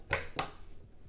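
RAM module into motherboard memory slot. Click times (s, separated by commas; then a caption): 0.1 s, 0.4 s. A second RAM memory stick is lined up and pushed into its motherboard memory slot, and the two retention clips click. Two sharp clicks sound at 0.1 s and 0.4 s against a quiet background. The stick is seated.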